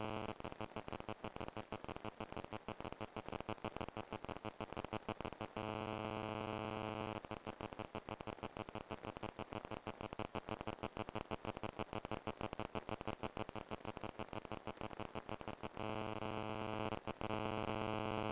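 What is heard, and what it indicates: A steady, very high-pitched ringing tone holds at constant loudness throughout, over a faint buzzing, insect-like hiss. It is a simulation of tinnitus, the ringing in the ears a person hears without any outside sound source.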